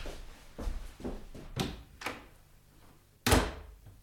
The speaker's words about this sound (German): Während Josef die Tür hinter sich schloss